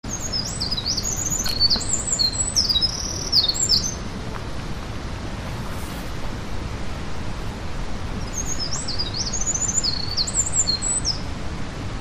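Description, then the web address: Eurasian wren singing, two fast runs of very high, tumbling notes and trills, over a steady rumbling background noise. Song recorded 19 March 2017 in an arboretum park. "saezuri misosazai 170319 jyumokukouenn"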